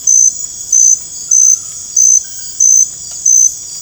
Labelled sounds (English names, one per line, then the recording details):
none
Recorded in dense forest near Puerto Asís, Putumayo, Colombia, on 22 December 2024 at 22:30
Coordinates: 0.481, -76.323
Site G100